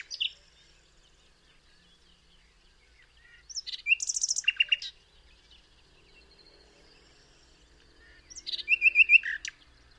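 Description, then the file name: Common nightingale singing: a brief burst, then two loud phrases separated by quiet pauses, each a quick series of hard, repeated notes. "Luscinia megarhynchos"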